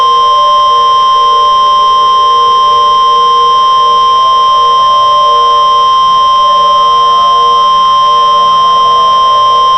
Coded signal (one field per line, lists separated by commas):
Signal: Emergency Alert System (SAME) tones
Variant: 1050 Hz attention tone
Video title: Raining Men [EAS Short Scenario]